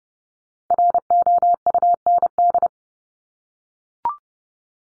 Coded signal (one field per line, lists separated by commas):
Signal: Morse code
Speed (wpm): 30 wpm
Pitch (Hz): 700 Hz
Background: none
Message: ROUND